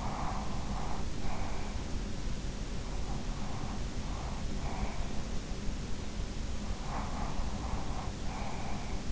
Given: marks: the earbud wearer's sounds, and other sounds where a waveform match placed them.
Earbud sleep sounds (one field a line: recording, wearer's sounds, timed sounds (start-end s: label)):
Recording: sounds in sleep by an in-ear microphone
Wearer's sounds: breath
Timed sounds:
0.00-1.69 s: breath
3.14-5.25 s: breath
6.84-9.05 s: breath